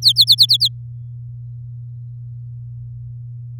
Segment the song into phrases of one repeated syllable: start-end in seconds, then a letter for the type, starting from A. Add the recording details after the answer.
0.02-0.68 A. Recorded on 6 May 2018 at 07:47. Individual llb16